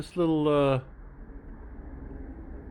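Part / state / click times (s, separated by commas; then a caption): plastic gimbal cover onto drone body / not seated / none. A plastic gimbal cover is lined up with a small notch on a DJI Mavic Pro drone body before being clipped down. Someone talks briefly near the start, followed by a low, steady background hum. Nothing has seated or clicked yet.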